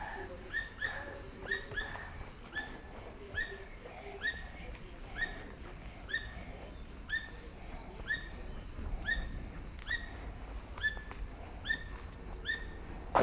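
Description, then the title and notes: Asian squirrel chirps, brief and sharp, repeated in a series throughout, with a quiet hum and hiss behind. Asian squirrel at Vallauris, France; recorded with a Sony PCM-M10 portable recorder and binaural microphones. "un écureuil asiatique au loin. Vallauris, France"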